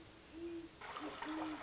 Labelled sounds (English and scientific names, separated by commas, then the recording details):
Great Horned Owl (Bubo virginianus)
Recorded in Sonoma County, California